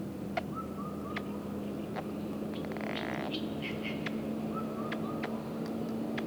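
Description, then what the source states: Baillon's crake song: brief dry, frog-like rattles given twice, with scattered sharp clicks and a steady low hum behind. Recorded 7 June 2022 at 03:15 at Luo Ma Hu, Beijing.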